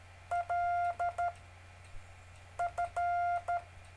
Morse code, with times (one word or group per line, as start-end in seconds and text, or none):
0.3-1.3 L
2.6-3.6 F